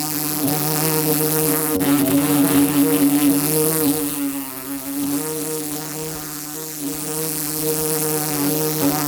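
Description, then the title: Bumblebee buzzing, a loud humming drone that dips briefly in loudness midway, with a sharp knock near the start. Bumblebee trapped inside a metal pole, struggling to get out; Paraje Huerta de Arriba, Blanca, Murcia, Spain; recorded with a Zoom H2. "Paraje Huerta de Arriba, 127, Blanca, Murcia, España - abejorro metálico"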